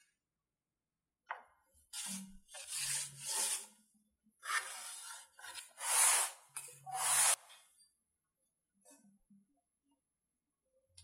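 Work on a fretboard: a series of hissy rasping strokes, like sanding or filing, come in uneven bursts from about one to eight seconds, some sharp and bright. A faint low hum sits under them, then only a few soft taps follow.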